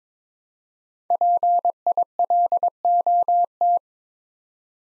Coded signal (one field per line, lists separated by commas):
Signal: Morse code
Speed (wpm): 22 wpm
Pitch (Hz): 700 Hz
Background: none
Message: PILOT